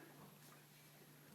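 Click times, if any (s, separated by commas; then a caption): none. A plastic forearm piece of a Transformers Generations 2015 Combiner Wars Devastator combiner robot toy is lined up with two tabs and holes on the arm and slid on. Only faint handling rustle is heard over a steady low hum. Nothing has seated or clicked yet.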